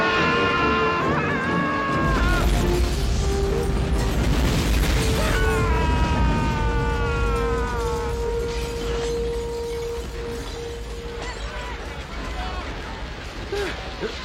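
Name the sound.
explosion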